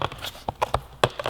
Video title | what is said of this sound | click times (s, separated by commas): 2017-2018 Yamaha R6 Yoshimura Fender Eliminator Install - SportbikeTrackGear.com | it snapped in place | 1.0 s